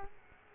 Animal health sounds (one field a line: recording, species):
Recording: mosquito wingbeat signal from an infrared sensor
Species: Culex quinquefasciatus